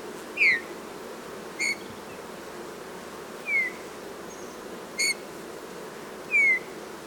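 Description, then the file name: Eurasian bullfinch giving soft, descending piping calls alternating with shorter notes, spaced one to two seconds apart, over steady background noise. "Pyrrhula pyrrhula"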